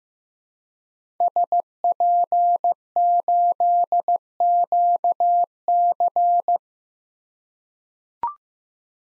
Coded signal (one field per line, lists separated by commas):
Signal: Morse code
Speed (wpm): 15 wpm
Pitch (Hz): 700 Hz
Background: none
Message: SP8QC